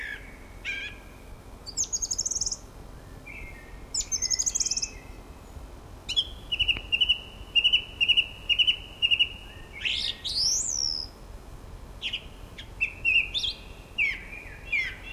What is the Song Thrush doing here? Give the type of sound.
song